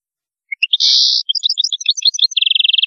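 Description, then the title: European goldfinch song with a buzzy wheeze, a run of varied high twittering notes, and a fast trilled series at the end. "Chant Chardonneret"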